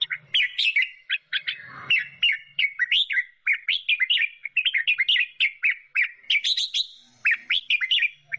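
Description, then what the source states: Sooty-headed bulbul in nearly continuous song, rapid chirpy notes tumbling up and down in lively runs with only brief gaps. Kutilang singing in gacor style, meaning loud, vigorous, continuous song.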